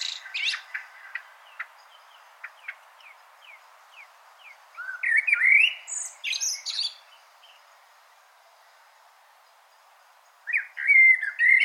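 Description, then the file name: Common blackbird: a run of short faint notes about half a second apart, then louder bursts of warbled and squeaky notes, with a last burst near the end. "Turdus merula"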